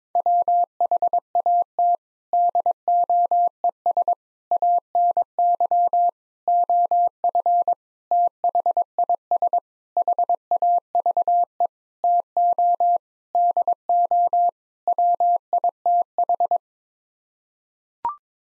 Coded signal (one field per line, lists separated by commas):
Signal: Morse code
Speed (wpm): 22 wpm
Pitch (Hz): 700 Hz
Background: none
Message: WHAT DOES ANY OF THIS HAVE TO DO WITH